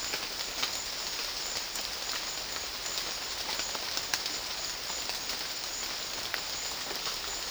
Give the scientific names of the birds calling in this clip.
none